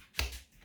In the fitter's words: pop it down till it clicks.